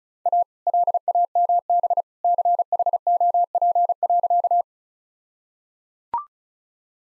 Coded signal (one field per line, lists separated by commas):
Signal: Morse code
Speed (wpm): 34 wpm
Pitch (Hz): 700 Hz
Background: none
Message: A LAMB CHOP.